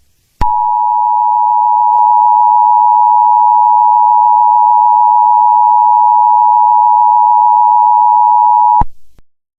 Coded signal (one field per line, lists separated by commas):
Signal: Emergency Alert System (SAME) tones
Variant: 853 and 960 Hz attention tone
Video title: Eas Scenario(Analog Horror) Blue Moon Virus